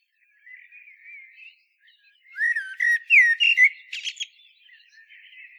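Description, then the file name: Common blackbird singing one mellow fluted phrase of several rich notes, closed by a scratchy high twitter, with softer birdsong faintly around it. "Turdus merula"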